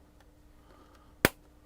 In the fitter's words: locks right in you can you can feel and hear the Locking